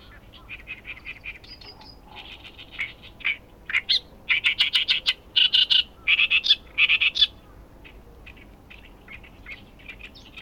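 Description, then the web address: Bird calls: bursts of buzzy, chirping notes repeated in quick runs, clustered midway and thinning toward the end, over a quiet background. "yacho koe"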